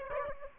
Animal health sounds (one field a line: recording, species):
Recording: mosquito wingbeat signal from an infrared sensor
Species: Aedes aegypti